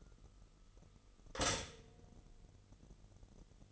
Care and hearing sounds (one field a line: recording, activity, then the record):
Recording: daily activity, microphone in the room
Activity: stop toaster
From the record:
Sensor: 4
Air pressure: 989.4 hPa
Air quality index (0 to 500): 216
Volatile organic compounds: 66 ppm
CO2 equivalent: 3482 ppm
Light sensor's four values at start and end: 23/82/30/32 and 23/82/30/32